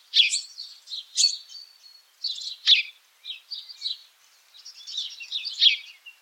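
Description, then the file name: House sparrow chirping: a busy run of short, harsh, high chirps in quick bursts, barely pausing throughout, with no other clear sounds. "Passer domesticus"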